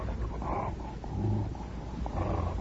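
A dog growls in low, rumbling bursts, rising and easing over a few seconds with a steady throaty texture and no voices.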